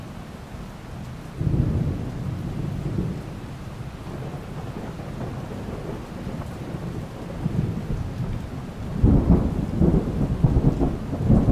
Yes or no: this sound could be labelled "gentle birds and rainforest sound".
no